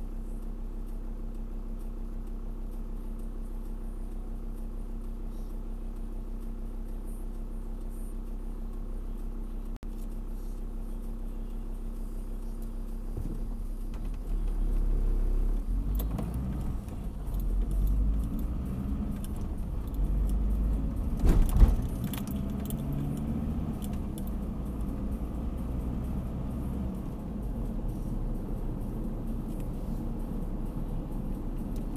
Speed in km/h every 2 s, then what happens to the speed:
0, 0, 0, 0, 0, 0, 0, 0, 14, 22, 26, 28, 35, 40, 44, 43.
0-14 standing. 14-27 pulls away to 44.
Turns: none.